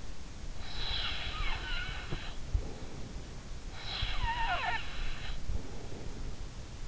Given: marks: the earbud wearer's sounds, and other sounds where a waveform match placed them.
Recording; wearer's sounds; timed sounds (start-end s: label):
sounds in sleep by an in-ear microphone; snoring breath
0.61-3.16 s: snoring breath
3.81-6.36 s: snoring breath